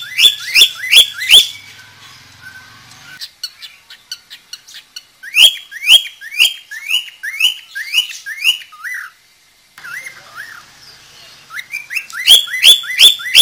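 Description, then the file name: Budgerigar chirping: bursts of rising whistled notes in quick succession, broken by short pauses, scattered clicks and a soft warbled note before the run resumes. "suara burung parkit australia"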